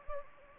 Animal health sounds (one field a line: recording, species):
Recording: mosquito wingbeat signal from an infrared sensor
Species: Anopheles gambiae